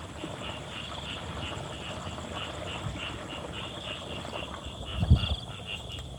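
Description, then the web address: Frogs calling in a dense chorus, a pulsing high trill repeated steadily, with a brief low thump near the end. "muhammad 384. Frogs"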